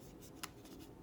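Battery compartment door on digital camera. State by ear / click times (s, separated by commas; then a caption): seated / 0.4 s. A plastic battery and memory card compartment door on a digital camera is closed after the battery and card are in. It snaps shut with a single sharp click at 0.4 s over a quiet, low background, and the door is seated.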